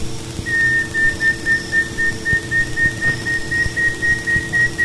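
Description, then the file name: Scaly-breasted wren singing a steady run of short, clear whistles on a single pitch, about four each second, with a constant low mechanical hum underneath. "canto do uirapuru veado"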